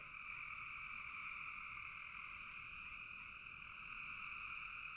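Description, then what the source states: Massed frog calls form a continuous buzz in two pitches, sustained without a break. Frogs in a bog.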